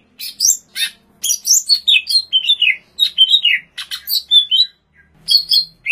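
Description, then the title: Greater green leafbird song: rapid, varied run of sweet whistled and slurred notes between high chips, delivered in quick bursts with a short pause before the final phrases. "Cucak Ijo"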